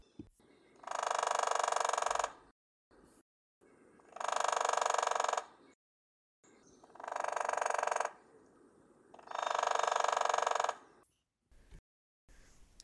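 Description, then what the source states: Hairy Woodpecker drumming: four rapid drum rolls, each a little over a second long, spaced a few seconds apart. Played again for comparison; drumming more rapid than the Downy Woodpecker's, about 26 beats per second, rolls averaging about one second; intervals between drums shortened in the recording, much longer in reality.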